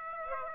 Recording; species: mosquito wingbeat signal from an infrared sensor; Aedes aegypti